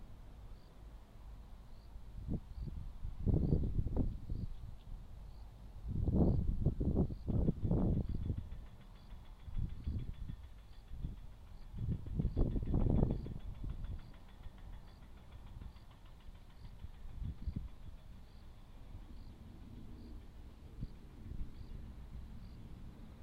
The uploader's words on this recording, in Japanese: 畝を行ったり来たり、音が入っていない間も遠くでずっと作業しています。コオロギなど秋虫鳴いています。遠くで道路工事の音、だれかの耕運している音、ウチの旦那さんの草刈り機の音。